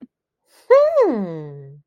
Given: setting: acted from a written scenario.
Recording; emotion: vocal sound without words; interest